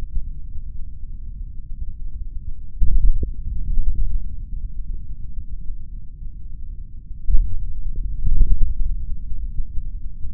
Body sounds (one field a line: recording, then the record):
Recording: forearm muscle sounds (acoustic myography)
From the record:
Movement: index flexion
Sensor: system 3, bracelet of six PUI Audio POM-2738L microphones around the upper forearm, with dedicated amplification and filtering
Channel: 1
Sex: male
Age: 26 years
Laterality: right